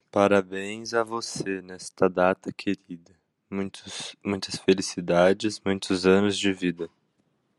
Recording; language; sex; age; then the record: short text; Brazilian Portuguese; male; 20 to 29 years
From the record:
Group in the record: control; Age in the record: 23 years